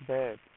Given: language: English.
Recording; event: throat vibration sensor signal played as sound; speech